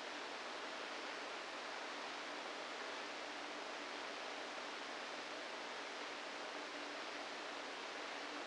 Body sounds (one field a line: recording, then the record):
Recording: brain microelectrode recording played as sound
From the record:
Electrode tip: inside the subthalamic nucleus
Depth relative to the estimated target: -1 mm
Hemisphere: right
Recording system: NeuroSet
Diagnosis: Parkinson's disease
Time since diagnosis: 7 years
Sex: female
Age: 68 years